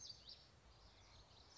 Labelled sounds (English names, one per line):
Common Yellowthroat